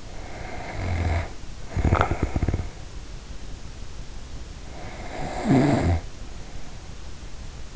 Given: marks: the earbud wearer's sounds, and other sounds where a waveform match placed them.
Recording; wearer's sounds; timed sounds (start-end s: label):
sounds in sleep by an in-ear microphone; snoring breath
0.00-2.99 s: snoring breath
4.58-6.95 s: snoring breath